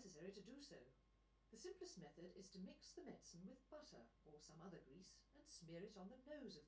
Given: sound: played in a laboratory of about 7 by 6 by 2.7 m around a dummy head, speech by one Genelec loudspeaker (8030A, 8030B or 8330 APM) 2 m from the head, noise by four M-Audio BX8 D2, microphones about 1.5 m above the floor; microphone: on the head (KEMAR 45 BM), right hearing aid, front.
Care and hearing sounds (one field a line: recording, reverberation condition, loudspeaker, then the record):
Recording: female speech in English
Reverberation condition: low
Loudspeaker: 120 degrees to the left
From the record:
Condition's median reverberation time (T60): about 310 ms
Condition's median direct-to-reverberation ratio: about 3.5 dB